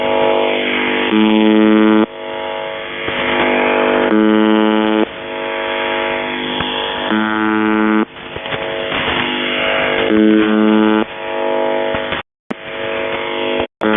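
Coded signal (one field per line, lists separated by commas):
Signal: channel marker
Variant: UVB-76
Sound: harsh harmonic buzzes of irregular length alternating with hissy static, with short dropouts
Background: radio static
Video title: Kerro malfunction and beeps and screaming and morse code in the background on the buzzer 4625khz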